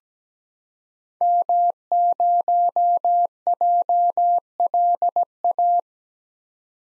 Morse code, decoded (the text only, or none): M0JLA